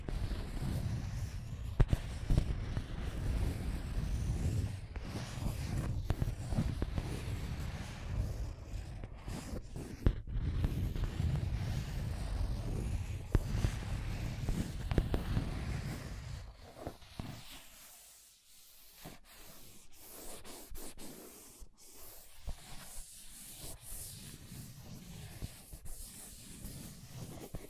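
Scratching and tracing sounds, a dense, rough rasping with a heavy low rumble for the first sixteen seconds, broken by sharp clicks. The scraping then thins out and turns lighter and brighter, with a brief near-silence around eighteen seconds before sparser strokes resume.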